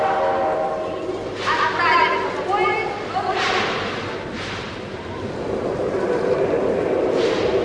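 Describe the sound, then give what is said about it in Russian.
A train at a platform of a Moscow railway station, with passengers getting off the carriages: a steady rumble with periodic hissing bursts and faint tonal squeals, while indistinct voices murmur underneath throughout. “Ивернев долго топтался на перроне, присматриваясь ко всем выходившим из вагонов”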